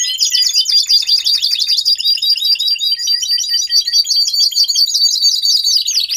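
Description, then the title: Domestic canary song with loud, rapid repeated chirping notes running into fast rolling trills, continuous and high-pitched. Male canary singing a lot, in a 30-minute canary training recording meant to warm up young birds and Belgian canaries. "Canary Training Esquente Seu Filhote E Canario Belga Em 30 Minutos Macho Cantando Muito"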